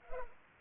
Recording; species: mosquito wingbeat signal from an infrared sensor; Culex pipiens